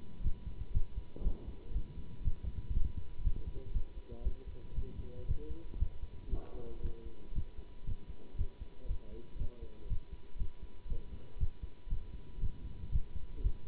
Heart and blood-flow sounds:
heart sounds by stethoscope; between the tricuspid and mitral areas; 118 bpm
0.22 s: heartbeat
0.72 s: heartbeat
1.22 s: heartbeat
1.72 s: heartbeat
2.22 s: heartbeat
2.72 s: heartbeat
3.22 s: heartbeat
3.72 s: heartbeat
4.23 s: heartbeat
4.74 s: heartbeat
5.26 s: heartbeat
5.77 s: heartbeat
6.29 s: heartbeat
6.81 s: heartbeat
7.33 s: heartbeat
7.84 s: heartbeat
8.36 s: heartbeat
8.87 s: heartbeat
9.37 s: heartbeat
9.87 s: heartbeat
10.37 s: heartbeat
10.88 s: heartbeat
11.38 s: heartbeat
11.88 s: heartbeat
12.39 s: heartbeat
12.90 s: heartbeat
13.42 s: heartbeat
From the record:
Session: Bruce protocol treadmill stress test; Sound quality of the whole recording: good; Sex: male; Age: 24 years

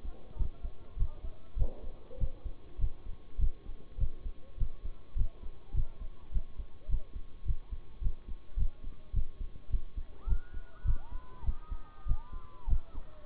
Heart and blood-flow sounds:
heart sounds by stethoscope; between the tricuspid and mitral areas; 102 bpm
0.36 s: heartbeat
0.96 s: heartbeat
1.56 s: heartbeat
2.18 s: heartbeat
2.78 s: heartbeat
3.38 s: heartbeat
3.98 s: heartbeat
4.57 s: heartbeat
5.15 s: heartbeat
5.74 s: heartbeat
6.31 s: heartbeat
6.88 s: heartbeat
7.45 s: heartbeat
8.01 s: heartbeat
8.56 s: heartbeat
9.13 s: heartbeat
9.70 s: heartbeat
10.27 s: heartbeat
10.84 s: heartbeat
11.44 s: heartbeat
12.06 s: heartbeat
12.67 s: heartbeat
From the record:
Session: bicycle stress test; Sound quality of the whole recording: good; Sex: male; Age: 26 years

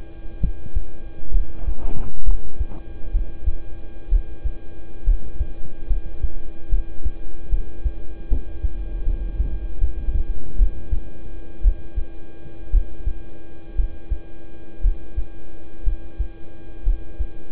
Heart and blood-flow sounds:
heart sounds by stethoscope; between the tricuspid and mitral areas; 66 bpm
0.40 s: heartbeat
1.31 s: heartbeat
2.24 s: heartbeat
3.11 s: heartbeat
4.09 s: heartbeat
5.04 s: heartbeat
5.87 s: heartbeat
6.69 s: heartbeat
7.49 s: heartbeat
8.28 s: heartbeat
9.04 s: heartbeat
9.79 s: heartbeat
10.57 s: heartbeat
11.62 s: heartbeat
12.71 s: heartbeat
13.75 s: heartbeat
14.81 s: heartbeat
15.83 s: heartbeat
16.83 s: heartbeat
From the record:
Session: rest, lying down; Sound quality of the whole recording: good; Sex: male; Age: 26 years

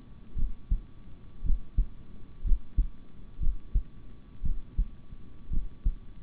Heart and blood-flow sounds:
heart sounds by stethoscope; between the tricuspid and mitral areas; 58 bpm
0.35 s: heartbeat
1.43 s: heartbeat
2.43 s: heartbeat
3.39 s: heartbeat
4.42 s: heartbeat
5.50 s: heartbeat
From the record:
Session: rest, sitting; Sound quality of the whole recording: good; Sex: male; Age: 26 years

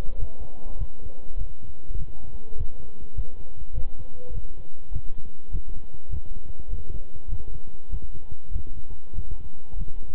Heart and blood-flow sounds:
heart sounds by stethoscope; between the tricuspid and mitral areas; 100 bpm
0.17 s: heartbeat
0.76 s: heartbeat
1.36 s: heartbeat
1.96 s: heartbeat
2.55 s: heartbeat
3.14 s: heartbeat
3.73 s: heartbeat
4.32 s: heartbeat
4.91 s: heartbeat
5.50 s: heartbeat
6.09 s: heartbeat
6.68 s: heartbeat
7.28 s: heartbeat
7.89 s: heartbeat
8.51 s: heartbeat
9.13 s: heartbeat
9.76 s: heartbeat
From the record:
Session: walking at 3.7 km/h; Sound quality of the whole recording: good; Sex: male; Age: 26 years

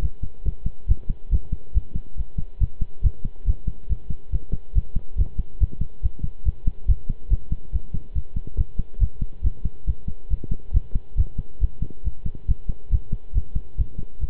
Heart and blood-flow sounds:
heart sounds by stethoscope; between the tricuspid and mitral areas; 140 bpm
0.02 s: heartbeat
0.45 s: heartbeat
0.88 s: heartbeat
1.31 s: heartbeat
1.74 s: heartbeat
2.17 s: heartbeat
2.60 s: heartbeat
3.03 s: heartbeat
3.46 s: heartbeat
3.89 s: heartbeat
4.32 s: heartbeat
4.75 s: heartbeat
5.18 s: heartbeat
5.60 s: heartbeat
6.03 s: heartbeat
6.45 s: heartbeat
6.88 s: heartbeat
7.30 s: heartbeat
7.72 s: heartbeat
8.15 s: heartbeat
8.57 s: heartbeat
9.00 s: heartbeat
9.43 s: heartbeat
9.87 s: heartbeat
10.30 s: heartbeat
10.73 s: heartbeat
11.17 s: heartbeat
11.61 s: heartbeat
12.04 s: heartbeat
12.48 s: heartbeat
12.91 s: heartbeat
13.35 s: heartbeat
13.77 s: heartbeat
14.20 s: heartbeat
From the record:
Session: pedaling a stationary bicycle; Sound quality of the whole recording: good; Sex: male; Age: 23 years

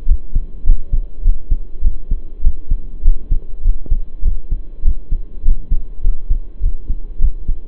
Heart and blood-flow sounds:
heart sounds by stethoscope; between the tricuspid and mitral areas; 101 bpm
0.07 s: heartbeat
0.65 s: heartbeat
1.23 s: heartbeat
1.82 s: heartbeat
2.42 s: heartbeat
3.03 s: heartbeat
3.63 s: heartbeat
4.23 s: heartbeat
4.83 s: heartbeat
5.43 s: heartbeat
6.02 s: heartbeat
6.61 s: heartbeat
7.20 s: heartbeat
From the record:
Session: pedaling a stationary bicycle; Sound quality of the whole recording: saturated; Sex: male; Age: 23 years

